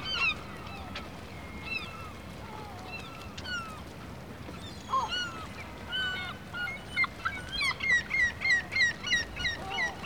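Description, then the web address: Gulls give scattered yelping cries, building into a rapid series of loud, repeated laughing notes near the end, with a low background rumble. Gulls calling in a harbour atmosphere. "BBC Sound Effects Library. Seagulls Harbor Atmosphere"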